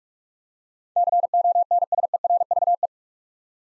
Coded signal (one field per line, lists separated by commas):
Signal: Morse code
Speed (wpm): 44 wpm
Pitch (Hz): 700 Hz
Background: none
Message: CONSERVE